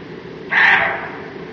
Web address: roe deer